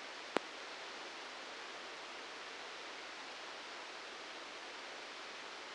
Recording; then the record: brain microelectrode recording played as sound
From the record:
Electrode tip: outside the subthalamic nucleus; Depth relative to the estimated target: 0 mm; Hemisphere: left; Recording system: NeuroSet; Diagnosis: Parkinson's disease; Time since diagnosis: 19 years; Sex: female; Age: 69 years